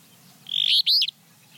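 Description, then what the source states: Alder Flycatcher song: a single short burst, a buzzy note followed by a sharper two-part ending, over a quiet background. Played-back recording; visually inseparable from the willow flycatcher, told apart by its voice.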